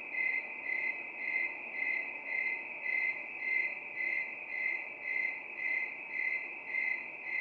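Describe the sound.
Cricket song, a high piercing trill throbbing rhythmically about twice per second without pause.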